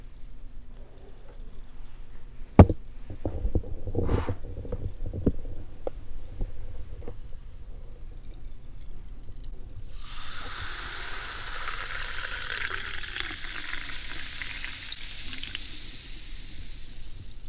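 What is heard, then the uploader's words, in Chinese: An eating recording with candy and sparkling water: a sharp snap near the start, then a few seconds of crinkly rustles and clicks. From about ten seconds on, a dense, bright fizzing hiss takes over and holds to the end over a low steady hum. MUJI 無印良品 糖果。吃播 , 糖果 , 氣泡水。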